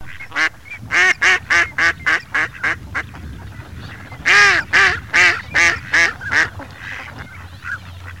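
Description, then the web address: Mallard giving a run of evenly spaced nasal quacks, then a louder series that gradually weakens, with faint low background rumble. Recorded in spring. "patica krakva glas na krakva prez proletta"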